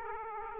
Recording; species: mosquito wingbeat signal from an infrared sensor; Aedes aegypti